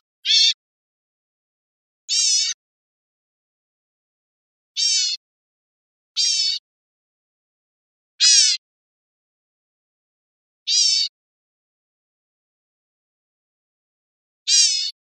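Bird calls: seven harsh, buzzy half-second notes, given singly at uneven gaps of one to four seconds, with silence between.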